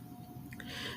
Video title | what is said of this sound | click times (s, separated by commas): The Works All In One tool review | um it does lock into place whenever you're not using it you just tuck it down at the bottom and you'll see that here | 0.5 s, 0.6 s